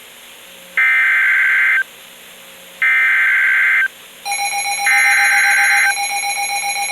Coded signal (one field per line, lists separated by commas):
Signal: Emergency Alert System (SAME) tones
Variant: header bursts